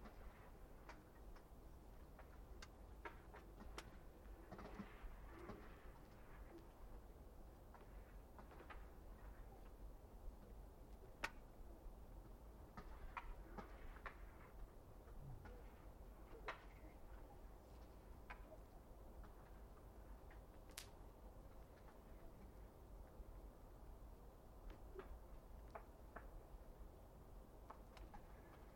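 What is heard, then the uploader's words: Ice on a frozen lake at night shifts and heaves, giving off sharp cracks and ticks scattered irregularly through the recording, with a few louder snaps around 11, 16 and 21 seconds. Beneath them runs a steady low rumble and soft sloshing. Ice Lake POV2 Crack, large, and Sloshing. Ice swells and heaves on a frozen lake at night, 2 POVs from different sides of lake raw, unmastered.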